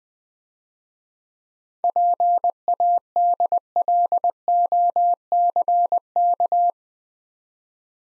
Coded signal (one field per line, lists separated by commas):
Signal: Morse code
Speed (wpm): 20 wpm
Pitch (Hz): 700 Hz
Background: none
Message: PADLOCK